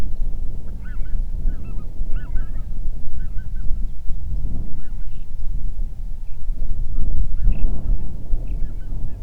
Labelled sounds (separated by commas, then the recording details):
songbird, waterfowl, wind
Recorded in the Prudhoe Bay oil fields, Alaska, on 31 July 2019 at 07:41
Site 24